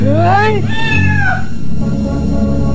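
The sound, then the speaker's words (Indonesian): A cat, thrown high into the air, lets out two loud, drawn-out yowls in quick succession, each bending up and then sliding down in pitch, over a low steady rumble that continues after the cries stop. “Kucing itu dilempar ke atas cukup tinggi oleh Ugrawe.”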